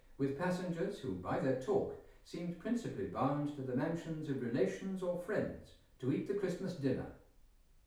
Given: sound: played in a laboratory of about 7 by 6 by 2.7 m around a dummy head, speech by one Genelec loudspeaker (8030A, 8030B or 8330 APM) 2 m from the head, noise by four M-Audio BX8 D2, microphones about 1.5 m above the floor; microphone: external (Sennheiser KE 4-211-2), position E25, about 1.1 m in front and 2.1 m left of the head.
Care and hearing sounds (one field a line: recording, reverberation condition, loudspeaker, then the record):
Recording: male speech in English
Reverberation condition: medium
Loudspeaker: 150 degrees to the right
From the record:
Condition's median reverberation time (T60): about 510 ms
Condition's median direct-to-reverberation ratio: about -0.5 dB